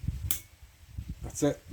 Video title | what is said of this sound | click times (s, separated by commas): Pruner maintenance & using the moon for grafting success | and then listen for the click that's it tensioned enough | 0.3 s